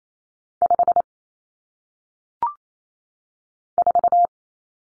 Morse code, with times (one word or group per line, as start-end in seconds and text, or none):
0.6-1.0 5
3.8-4.3 4